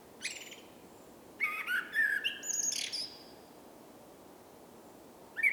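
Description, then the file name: Common blackbird singing a warbled fluty phrase ending in a squeaky high flourish, preceded by a brief high note and followed by a quiet pause and the start of another phrase. "Turdus merula"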